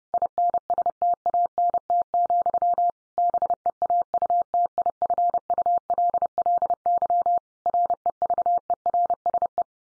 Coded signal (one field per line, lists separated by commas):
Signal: Morse code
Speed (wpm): 30 wpm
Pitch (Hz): 700 Hz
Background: none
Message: INSTANT, BEAUTIFULLY REVERSE